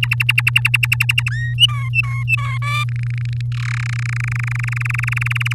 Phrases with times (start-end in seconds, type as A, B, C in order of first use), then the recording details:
0.03-1.29 A, 1.31-1.54 B, 1.58-2.58 C, 2.62-2.84 D, 2.89-3.41 E, 3.52-3.87 F, 3.89-5.53 G. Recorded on 7 May 2018 at 05:34. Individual llb16